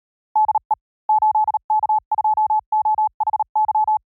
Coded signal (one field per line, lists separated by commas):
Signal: Morse code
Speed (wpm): 38 wpm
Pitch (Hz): 860 Hz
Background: none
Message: DE 8K2OHY